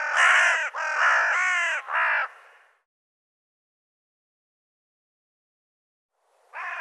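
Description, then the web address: Bird uttering four rough caws in a quick run, then a long silence before another harsh caw starts at the very end. "cianscape birddata Deverinetal 2025 Bird Co Co Co Co"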